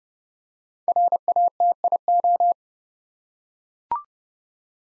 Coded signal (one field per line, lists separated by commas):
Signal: Morse code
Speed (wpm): 30 wpm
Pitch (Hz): 700 Hz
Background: none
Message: RATIO